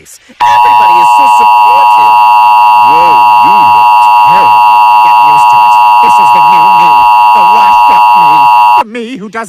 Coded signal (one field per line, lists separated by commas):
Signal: Emergency Alert System (SAME) tones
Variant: 853 and 960 Hz attention tone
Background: speech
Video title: EAS Mock - San Antonio Storming (for @andrewdonnell4093)